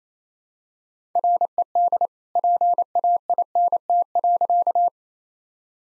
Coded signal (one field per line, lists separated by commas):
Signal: Morse code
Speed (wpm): 27 wpm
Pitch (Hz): 700 Hz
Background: none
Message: RED PAINT.